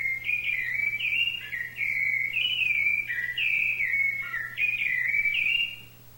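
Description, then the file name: Thrush song of flowing whistled notes, looping up and down without long gaps before trailing off; quiet steady hum underneath. "SABIA"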